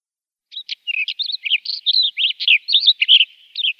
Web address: Schulze Peter Black Wheatear song